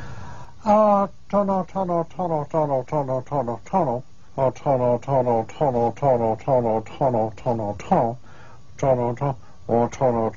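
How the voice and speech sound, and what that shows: In a clinical interview, a man answers a question with the single word "tono" repeated in rapid runs, broken by short pauses, with rising and falling pitch following the prosody and patterns of normal sentences. This is a recurring utterance, or speech automatism, in expressive aphasia: comprehension is virtually undamaged, only expression fails, and melody is kept while words are lost.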